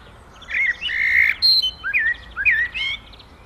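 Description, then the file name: Common blackbird song: varied warbling phrases of fluty, twisting notes with brief higher twitters, delivered in a lively run over about three seconds. "Amselgesang"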